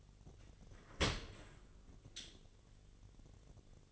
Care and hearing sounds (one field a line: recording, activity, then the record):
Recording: daily activity, microphone in the room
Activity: open dishwasher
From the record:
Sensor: 4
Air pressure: 1007.5 hPa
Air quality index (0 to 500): 200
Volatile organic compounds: 7 ppm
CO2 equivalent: 1992 ppm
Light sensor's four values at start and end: 22/70/27/26 and 22/70/27/26